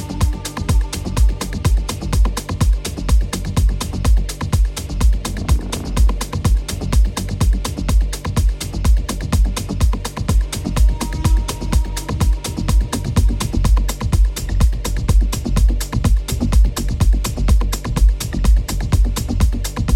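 Techno with a steady, fast pulse: sharp hits land several times a second without a break for the whole stretch, over a heavy, droning bass. Short held tones rise above the beat near the start and again around the eleven-second mark.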